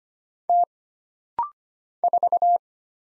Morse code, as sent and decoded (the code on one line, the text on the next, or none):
- / ....-
T 4